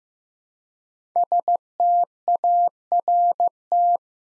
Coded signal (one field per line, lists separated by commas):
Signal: Morse code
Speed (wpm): 15 wpm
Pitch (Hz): 700 Hz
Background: none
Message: START